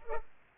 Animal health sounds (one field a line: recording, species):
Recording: mosquito wingbeat signal from an infrared sensor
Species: Culex pipiens